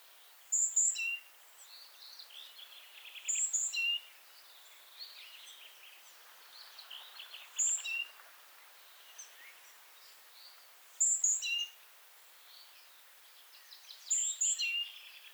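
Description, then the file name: Great tit calls: a high two-note phrase falling to a lower note, repeated several times, with quieter chirps of other birds between. "Parus major"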